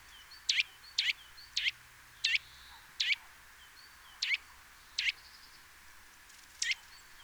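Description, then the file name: Eurasian nuthatch uttering clear, sharp call notes, about eight, spaced irregularly, over soft background noise. "Sitta europaea"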